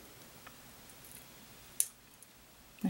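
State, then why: Seated. A metal jewelry jump ring, attached to a chain and a pendant, is twisted and rocked closed with pliers. Amid faint low ticks and rustles, a single sharp, bright snap rings out at 1.8 s. The snap shows the ring has closed fully tight.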